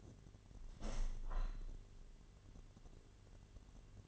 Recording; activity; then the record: daily activity, microphone in the room; open window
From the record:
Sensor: 4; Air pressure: 1007.4 hPa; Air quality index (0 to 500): 199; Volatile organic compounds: 7 ppm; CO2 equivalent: 1987 ppm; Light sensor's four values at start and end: 23/73/28/27 and 23/74/28/27